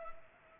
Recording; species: mosquito wingbeat signal from an infrared sensor; Culex pipiens